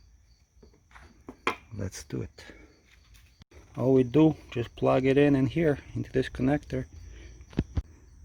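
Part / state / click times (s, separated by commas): LED turn signal bulb connector into car headlight wiring connector / seated / 7.6 s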